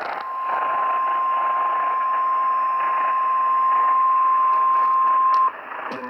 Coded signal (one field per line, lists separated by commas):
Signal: Emergency Alert System (SAME) tones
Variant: 1050 Hz attention tone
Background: speech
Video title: Severe Weather Alerts in Nashville EAS Alerts from (#516-520)